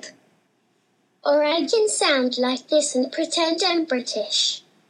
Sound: another computerized young girl’s voice